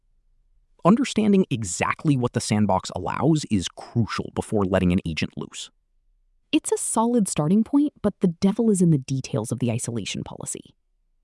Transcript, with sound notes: Understanding exactly what the sandbox allows is crucial before letting an agent loose.
[thoughtful] It’s a solid starting point, but the devil is in the details of the isolation policy.